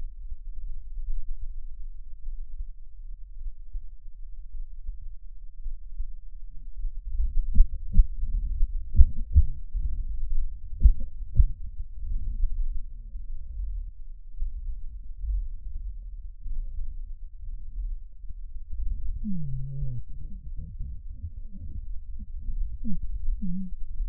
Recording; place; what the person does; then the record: lung sounds by stethoscope; right anterior apical chest; quiet breathing, then cough and speech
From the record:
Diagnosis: interstitial lung disease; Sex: male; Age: 82 years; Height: 158 cm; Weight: 49 kg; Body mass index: 19.6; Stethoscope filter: bell mode